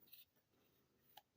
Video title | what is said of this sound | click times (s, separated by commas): Easter!! @Kodiak_Edge #bladesmithing #kniferepair #blade #yt #ytvideo #ytshorts #ytshort #edc | Clicks right in there. | 1.2 s